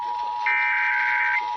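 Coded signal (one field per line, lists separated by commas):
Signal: Emergency Alert System (SAME) tones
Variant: header bursts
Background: speech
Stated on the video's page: NOAA Weather Radio weekly tests and Georgia monthly tests, several on two stations.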